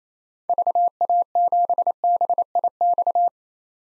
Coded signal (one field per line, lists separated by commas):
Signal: Morse code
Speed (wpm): 28 wpm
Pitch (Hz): 700 Hz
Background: none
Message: VA7BIX